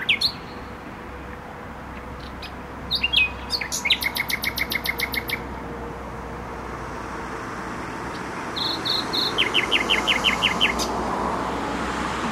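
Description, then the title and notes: Nightingale song in two bursts: rapid rattling trills of repeated clicks, then a pure whistle and a quick note series, over heavy steady traffic noise. Singing in bushes close to a noisy motorway, Trasa Toruńska, Bródno-Podgrodzie, Warsaw, Poland; recorded with an Olympus LS-11. "Bródno-Podgrodzie, Warszawa, Polska - Trasa Toruńska Nightingale. Recording nightingale singing in bushes close to noisy motorway"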